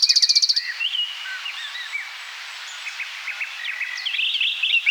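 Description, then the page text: Nightingale song: opens with a fast, buzzy trill of repeated notes, then moves into varied whistled and chattering phrases that change pitch often, with a faint steady hiss behind. Eastern form of the common nightingale, singing. "Eastern Common Nightingale Song - Quick Sounds"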